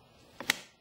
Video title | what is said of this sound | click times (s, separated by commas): Plexus 2500 Replacement Mattress | and press until they click into place | 0.5 s